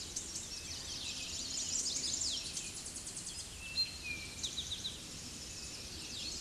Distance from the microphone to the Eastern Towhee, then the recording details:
about 30 m. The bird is about 5 m above the microphone. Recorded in a Pennsylvania forest on 16 May 2024 at 07:50. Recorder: AudioMoth, point MSD-1679. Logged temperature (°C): 16.1 °C. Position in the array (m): 96 m, 157 m